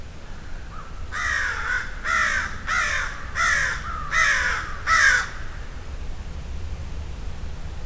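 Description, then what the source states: Crow calls: six harsh caws at a steady pace, then quiet. Field recording of a flock of crows.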